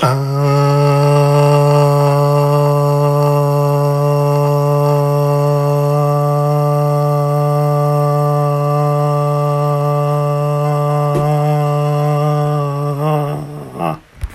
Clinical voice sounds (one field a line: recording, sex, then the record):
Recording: sustained vowel /a/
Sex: male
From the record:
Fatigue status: fatigue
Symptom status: symptomatic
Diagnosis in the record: COVID-19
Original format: m4a